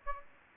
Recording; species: mosquito wingbeat signal from an infrared sensor; Aedes aegypti